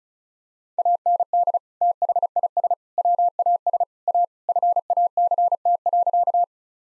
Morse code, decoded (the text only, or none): AND THIS WAS A FACT.